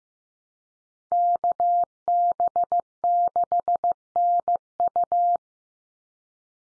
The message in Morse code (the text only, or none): KB6NU